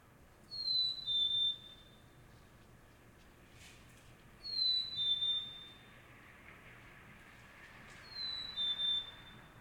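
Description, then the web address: Bird whistling a clear two-part note three times, roughly every four seconds, with a faint hiss of background noise between calls. Solo bird calling in a Montreal suburb, Canada, early morning. "Nature in the City AMB SUBURB Solo Bird Call, Early Morning, Distant Traffic Passbys, Montreal, Canada"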